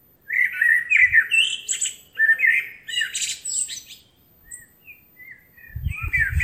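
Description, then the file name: Common blackbird giving rich, rapid warbled phrases with high chattering endings, quieter scattered notes after, and low thumping sounds at the very end. "Turdus merula"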